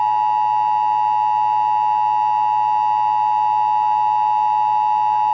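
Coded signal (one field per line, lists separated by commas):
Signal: Emergency Alert System (SAME) tones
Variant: 853 and 960 Hz attention tone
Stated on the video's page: Texas required monthly EAS test as broadcast on radio and television stations.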